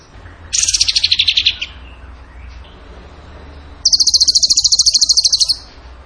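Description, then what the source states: Bird song of two fast trilled bursts, the first about a second long and dropping slightly, the second higher and steadier, nearly two seconds long. Bird song in the gacor tembakan style, for masteran (training).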